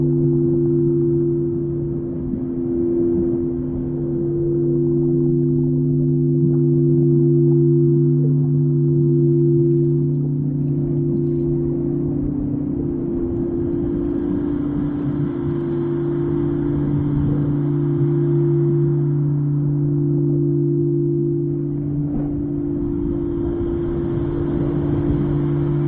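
Singing bowls hum in steady, sustained low tones that hold unbroken across the whole recording, layered over a dense rumbling wash. A faint higher shimmer rises around the middle and returns near the end, while the overall loudness stays nearly even throughout.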